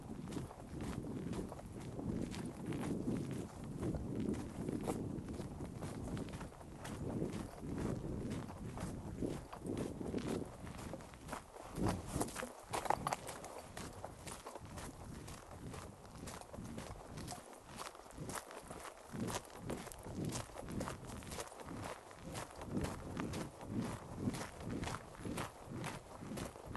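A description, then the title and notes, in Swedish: Steady footsteps on the walk of a moose hunt, dull thudding at first, then sharper, crisper crunching steps at a regular pace. Ljuden av älgjakt. Första promenaden, första uppackningen och förberedelserna man gör när man kommer till ett älgtorn.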